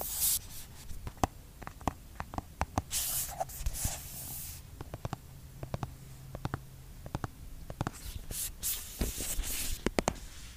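Fingers tap on a skincare product in quick, irregular clusters of sharp clicks and knocks, some bright and crisp, others duller. Between taps come soft rustling hisses around 3–4 and 8–10 seconds, over a faint low hum throughout.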